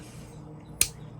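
The blade of a folding pocket knife is worked so that it snaps into position against the backspring, metal on metal. A single sharp, bright snap is heard at 0.8 s over a low, steady background, and the blade is seated in place.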